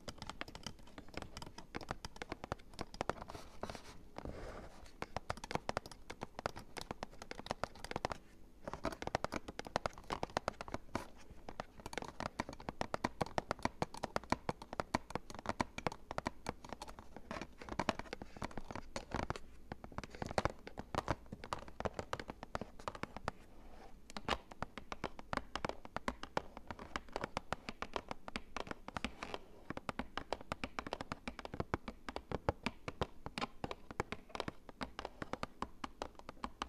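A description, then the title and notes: Fingers tap cardboard in quick, uneven bursts that continue for the whole stretch, with each tap a short dull knock. The pace is dense and irregular, with a few brief pauses near 8 and 20 seconds. Faint scratching and brushing fill the gaps. ASMR Cardboard Taps! (No Talking).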